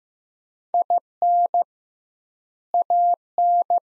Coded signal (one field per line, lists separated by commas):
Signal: Morse code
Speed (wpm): 15 wpm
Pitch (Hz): 700 Hz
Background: none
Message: IN AN